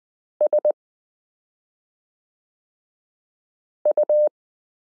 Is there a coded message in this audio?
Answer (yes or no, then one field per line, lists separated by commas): yes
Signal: Morse code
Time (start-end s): 0.4-4.3 s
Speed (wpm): 20 wpm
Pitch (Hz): 600 Hz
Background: none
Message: SU